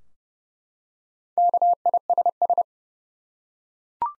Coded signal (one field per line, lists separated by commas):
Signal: Morse code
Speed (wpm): 30 wpm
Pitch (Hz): 700 Hz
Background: none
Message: KISS